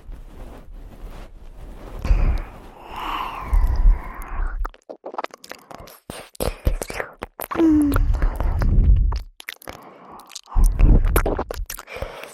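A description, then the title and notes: Close, wet eating sounds right at the ear: soft chewing, smacks and crackling bites come in clusters, with busier bursts around two to five seconds, near eight to nine, and again near the end. Brief quiet gaps separate the bouts, and a faint low rumble sits underneath. ASMR Sleepy Ear Eating Time.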